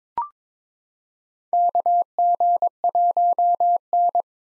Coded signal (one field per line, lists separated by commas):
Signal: Morse code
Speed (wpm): 22 wpm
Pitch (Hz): 700 Hz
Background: none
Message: KG1N